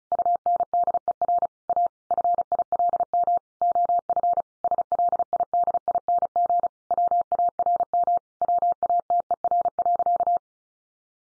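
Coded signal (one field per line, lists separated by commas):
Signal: Morse code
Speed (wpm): 34 wpm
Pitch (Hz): 700 Hz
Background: none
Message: UNDER A FILM OF SLIDING WARM WATER.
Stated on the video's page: Morse head-copy practice at 35 wpm, each sentence followed by spoken text and repeated in Morse.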